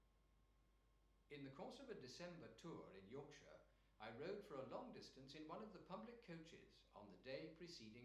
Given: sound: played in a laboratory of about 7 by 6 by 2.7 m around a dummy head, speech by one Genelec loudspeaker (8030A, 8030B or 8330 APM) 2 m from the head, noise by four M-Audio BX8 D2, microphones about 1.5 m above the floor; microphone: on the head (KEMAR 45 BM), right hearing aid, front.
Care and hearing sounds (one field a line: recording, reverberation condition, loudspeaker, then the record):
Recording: male speech in English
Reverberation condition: medium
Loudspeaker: 90 degrees to the right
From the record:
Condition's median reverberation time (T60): about 510 ms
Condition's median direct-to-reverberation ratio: about -0.5 dB